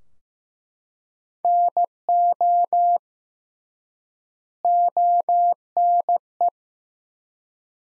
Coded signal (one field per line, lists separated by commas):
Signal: Morse code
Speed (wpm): 15 wpm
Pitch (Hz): 700 Hz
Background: none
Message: NO ONE